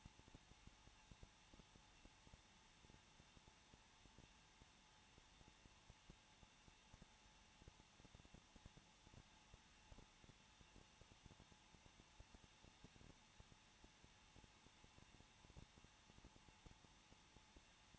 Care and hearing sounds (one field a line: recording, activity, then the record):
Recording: daily activity, microphone in the room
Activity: no activity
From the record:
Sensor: 1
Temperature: 20.0 degrees Celsius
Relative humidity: 39.4%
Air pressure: 1006.4 hPa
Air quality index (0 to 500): 219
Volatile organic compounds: 82 ppm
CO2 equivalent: 3625 ppm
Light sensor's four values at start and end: 1/2/1/1 and 1/2/1/1